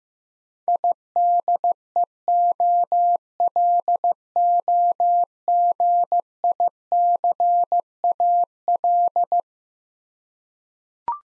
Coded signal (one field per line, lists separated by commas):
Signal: Morse code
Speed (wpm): 15 wpm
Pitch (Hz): 700 Hz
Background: none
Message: IDEOLOGICAL